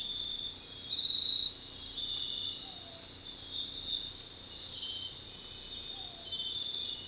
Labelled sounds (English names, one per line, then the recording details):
none
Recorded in dense forest near Puerto Asís, Putumayo, Colombia, on 20 February 2024 at 01:30
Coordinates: 0.500, -76.322
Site G6465